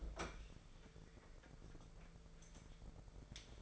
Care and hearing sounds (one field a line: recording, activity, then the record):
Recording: daily activity, microphone in the room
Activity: open fridge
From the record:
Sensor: 5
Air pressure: 1014.9 hPa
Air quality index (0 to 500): 172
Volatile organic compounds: 6 ppm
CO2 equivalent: 1889 ppm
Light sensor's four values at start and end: 73/171/73/80 and 93/217/94/106